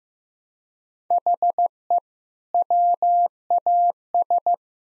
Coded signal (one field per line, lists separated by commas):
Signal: Morse code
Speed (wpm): 15 wpm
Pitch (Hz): 700 Hz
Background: none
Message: HE WAS